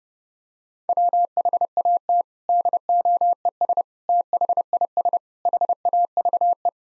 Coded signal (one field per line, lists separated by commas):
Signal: Morse code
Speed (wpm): 32 wpm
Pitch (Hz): 700 Hz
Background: none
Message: WHAT DOES THIS HAVE